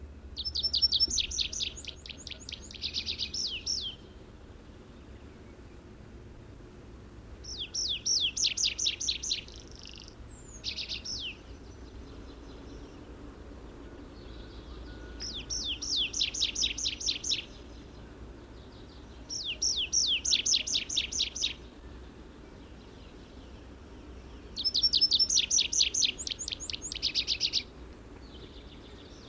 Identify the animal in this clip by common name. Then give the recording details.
Tree Pipit. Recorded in the wild. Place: Pingarati, Moldova, RO. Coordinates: 46.93, 26.187. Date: 1973-04-18. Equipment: Nagra III BH, Sennheiser MD 21, parabola. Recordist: Schubert, Michael. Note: Gesang Baumpieper